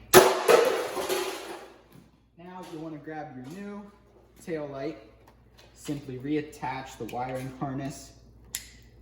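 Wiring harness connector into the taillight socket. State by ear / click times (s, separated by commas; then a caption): seated / 8.5 s. A plastic wiring harness connector is pushed onto the back of a new Jeep taillight while someone talks, after a loud rustling burst at the start. A single sharp, short click is heard at 8.6 seconds as the connector seats into the taillight socket.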